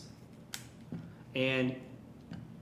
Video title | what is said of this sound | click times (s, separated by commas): Power Tool Power Plug Replacement | normally goes in a rack but we made a extension core out of it essentially it just locks into place like this | 0.5 s